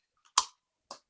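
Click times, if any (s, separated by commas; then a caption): 0.4 s. A pistol is pushed into a Vedder holster, and the retention clicks it in place with a sharp, bright click at 0.4 s, seating it. A faint tick comes just before, and a softer second click follows at 0.9 s.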